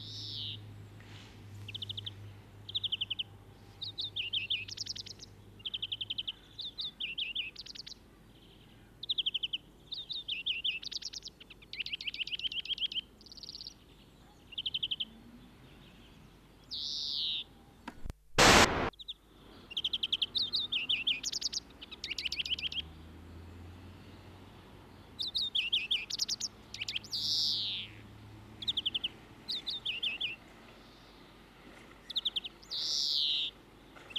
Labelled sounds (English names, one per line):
European Greenfinch song